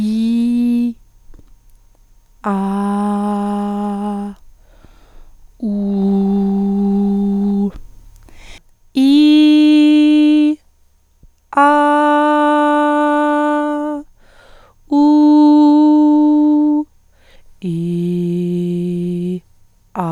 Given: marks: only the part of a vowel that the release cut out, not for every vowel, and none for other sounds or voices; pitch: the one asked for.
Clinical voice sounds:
sustained vowels; female; 30 to 39 years; 1; 0; 1
0.00-0.82 s: vowel /i/, normal pitch
2.55-4.17 s: vowel /a/, normal pitch
5.67-7.59 s: vowel /u/, normal pitch
9.00-10.46 s: vowel /i/, high pitch
14.98-16.11 s: vowel /u/, high pitch
18.41-19.30 s: vowel /i/, low pitch
From the record:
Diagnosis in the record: psychogenic dysphonia, hyperfunctional dysphonia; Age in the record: 39 years

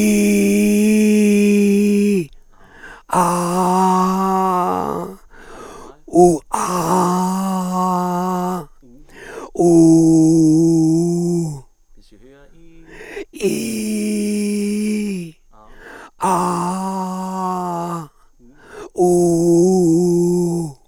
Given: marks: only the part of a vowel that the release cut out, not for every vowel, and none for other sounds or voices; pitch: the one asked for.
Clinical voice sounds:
sustained vowels; male; 60 to 69 years; 3; 3; 2
0.00-1.94 s: vowel /i/, normal pitch
3.30-4.64 s: vowel /a/, normal pitch
9.75-11.33 s: vowel /u/, normal pitch
13.57-15.05 s: vowel /i/, high pitch
16.66-17.86 s: vowel /a/, high pitch
19.12-20.50 s: vowel /u/, high pitch
From the record:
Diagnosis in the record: frontolateral partial laryngectomy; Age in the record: 67 years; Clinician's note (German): Zustand danach ; 1. Aufnahme prä OP

